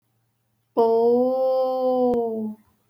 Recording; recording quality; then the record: sustained vowel as in boot; excellent, no background noise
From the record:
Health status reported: healthy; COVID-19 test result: negative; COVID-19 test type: RT-PCR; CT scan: not taken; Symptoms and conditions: none ticked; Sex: female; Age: 21 years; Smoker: no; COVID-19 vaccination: one dose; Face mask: not worn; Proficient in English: yes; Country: India